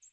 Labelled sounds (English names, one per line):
American Redstart flight call